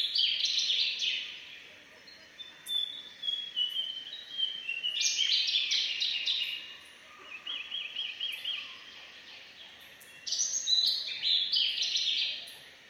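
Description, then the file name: Large-tailed Nightjar chopping calls: bursts of loud, blocky high notes, then a run of repeated knocking notes, then more loud high notes, with a faint lower chirp beneath. More than one nightjar giving chopping calls. "Large Tailed Nightjars Chopping Calls - Birds and Wild Ducks"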